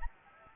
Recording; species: mosquito wingbeat signal from an infrared sensor; Anopheles gambiae